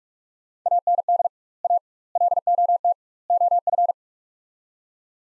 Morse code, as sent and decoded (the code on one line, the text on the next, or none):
.- -. -.. / .- / .-.. --- - / --- ..-.
AND A LOT OF